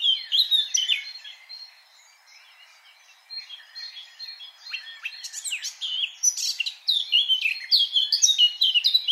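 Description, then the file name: Eurasian blackcap singing: a loud warbled phrase at the start, a quieter spell, then scratchy notes building into clear, fluty whistles until the end. "Sylvia atricapilla"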